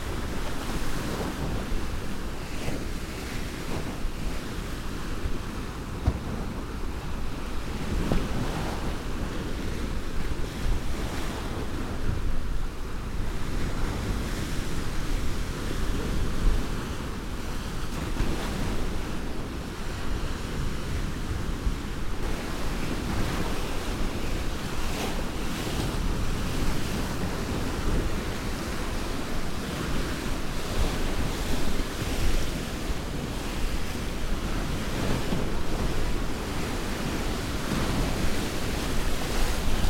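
Waves crash continuously in a dense, steady roar of surf, with heavy low rumble and frequent swells rising every few seconds. Gusting wind buffets the microphone throughout, adding a rough noise over the churning water.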